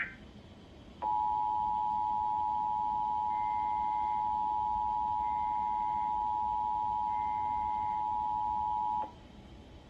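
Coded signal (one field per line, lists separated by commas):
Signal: Emergency Alert System (SAME) tones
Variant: 853 and 960 Hz attention tone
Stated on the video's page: Required Monthly Test tones received on Xfinity cable and WDPN.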